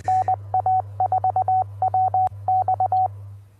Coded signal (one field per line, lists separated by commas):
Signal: Morse code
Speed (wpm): 20 wpm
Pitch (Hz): 750 Hz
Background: none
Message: NA4WX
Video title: The EASIEST Way to Build an AllStar Node? | Jordan Webb NA4WX on HamShackTV